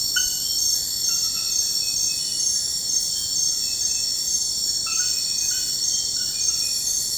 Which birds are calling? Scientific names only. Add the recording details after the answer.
none. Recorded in dense forest near Puerto Asís, Putumayo, Colombia, on 20 February 2024 at 03:30. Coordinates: 0.472, -76.329. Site G6394